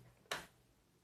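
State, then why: Released. A laptop battery release latch on the base of a Lenovo IdeaPad is slid from below to unlock the battery. A single sharp click sounds at 0.3 s against a quiet background, then fades away. The latch clicks open and releases the battery so it can be lifted out.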